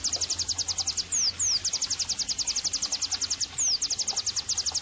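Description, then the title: White-eye song: continuous rapid high trilling with a few sharp downward-slurred whistles mixed in, low background hum. Gacor (vigorously singing) white-eye used as therapy and bird-training (masteran) audio. "Pleci Gacor 05. terapi pleci dextro 87 plus masteran kenari sahduOmAcuz Dextro87 channel"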